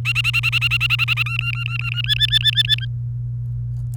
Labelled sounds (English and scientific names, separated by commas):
Domestic Canary (Serinus canaria) song